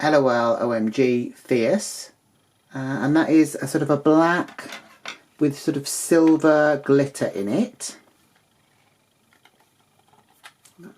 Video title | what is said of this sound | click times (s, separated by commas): FIERCE LOL OMG Surprise LADY DIVA (2022) doll unboxing MGA *ADULT DOLL COLLECTOR* | go back in there we go clicks back in like that | 10.5 s, 10.7 s